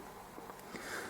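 A 2 GB SO-DIMM memory module, already inserted at an angle into the memory slot of a Compaq CQ10 mini netbook, is pushed down toward the motherboard until the side retaining clips catch it. Two faint, short clicks are heard at 0.5 s and 0.8 s over a low, steady background. The module is seated.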